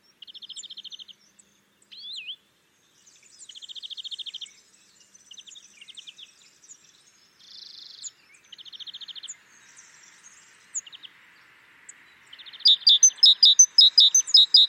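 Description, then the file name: Great tit giving buzzy, ticking churr rattles in short bursts every second or two, with thin high notes between and a loud run of sharp chipping notes at the end. "Parus major"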